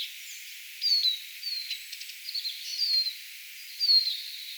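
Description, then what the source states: Eurasian siskin calls: a series of high, thin, falling whistled notes at irregular intervals, with soft twittering between them. Several siskins flying around, recorded 18 April 2025.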